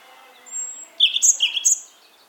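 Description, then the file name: European robin song: a thin high whistle, a pause, then a quick phrase of bright jumbled notes rising and falling. "Erithacus rubecula"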